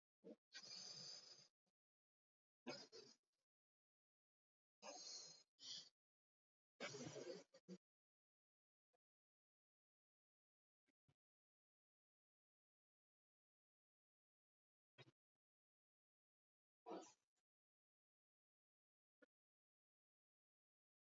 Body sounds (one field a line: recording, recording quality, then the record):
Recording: deep breathing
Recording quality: moderate, slight background noise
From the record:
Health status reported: recovered from COVID-19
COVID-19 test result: positive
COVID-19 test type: RT-PCR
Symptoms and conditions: cold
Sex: male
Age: 20 years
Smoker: no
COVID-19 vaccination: one dose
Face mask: worn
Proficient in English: yes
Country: India